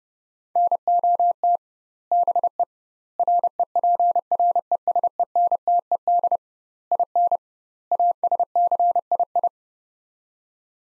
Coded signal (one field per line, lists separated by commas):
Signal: Morse code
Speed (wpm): 30 wpm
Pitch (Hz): 700 Hz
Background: none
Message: NOT BE REPRESENTED IN ASCII